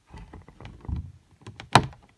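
A plastic pressure-fit tab on a face shield frame is pushed into the face shield headband, with soft plastic rustling and small taps leading up to it. A sharp, bright snap at 1.8 s is the loudest sound as the tab seats into place.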